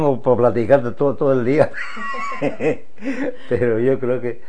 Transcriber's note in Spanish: risas